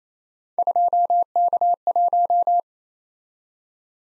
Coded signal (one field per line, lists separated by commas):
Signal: Morse code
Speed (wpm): 27 wpm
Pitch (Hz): 700 Hz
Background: none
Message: 2K1